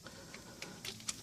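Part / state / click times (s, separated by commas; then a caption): spark plug wire boot onto ignition coil terminal / seated / 1.1 s. A new spark plug wire boot is pushed onto the ignition coil terminal of a 2004-2011 Mazda RX-8 rotary engine, where it must snap on firmly or it will be loose. A few faint ticks come at about 0.1, 0.3 and 0.6 seconds, then the boot snaps onto the coil with a sharp click at 1.1 seconds. The boot is fully seated.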